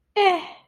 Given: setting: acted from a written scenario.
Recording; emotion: vocal sound without words; disgust